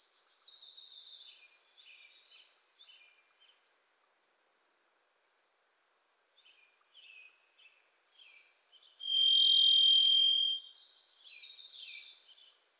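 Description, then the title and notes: Varied thrush giving one long, steady, buzzy whistled tone, framed by two bursts of rapid chip trills from a smaller songbird and soft background twittering. Pacific Northwest forest; a Wilson's Warbler sings alongside; unmastered recording. "The Varied Thrush, Ixoreus naevius, is a wisp in the forests of the Pacific Northwest."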